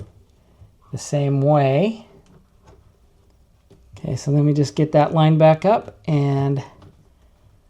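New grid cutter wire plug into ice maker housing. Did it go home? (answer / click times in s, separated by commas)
no / none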